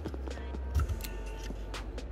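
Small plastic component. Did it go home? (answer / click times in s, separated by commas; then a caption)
no / none. A component is handled at a spring-latched motherboard slot, slid in, pushed back and pressed down, with short handling taps at about 0.1, 0.3, 0.8 and 1.7 s over a steady low hum and faint music. Nothing has seated or clicked yet; the clip ends before the spring latch locks the part into place.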